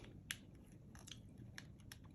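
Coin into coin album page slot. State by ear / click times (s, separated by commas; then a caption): seated / 0.3 s. A 5-peso coin is pressed into its hole in a Dansco coin album page and snaps into place with a sharp click at 0.3 s. Fainter crackling ticks follow around 1.1, 1.6 and 1.9 s over a low background hum. The coin is seated in the album slot.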